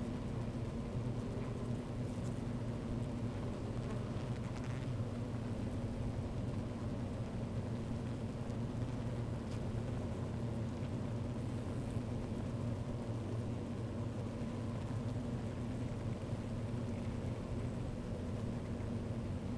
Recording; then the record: honeybee colony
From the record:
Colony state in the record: active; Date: 28 July 2017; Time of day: 13:02